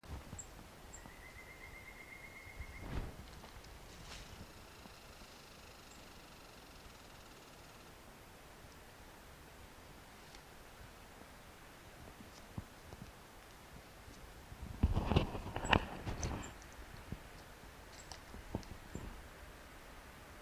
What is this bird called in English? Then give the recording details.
Brown Creeper. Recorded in the wild. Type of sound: call. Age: adult. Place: Yoho National Park, Rocky Mountains, British Columbia, CA. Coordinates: 51.4433, -116.542. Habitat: coniferous forest. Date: 1991-09-19 11:00. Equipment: Sony WM-D6C, Sony ECM-939 LT (Stereo), Kopie Uher 4400 IC. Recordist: Frommolt, Karl-Heinz. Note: Lake Emerald: Rufe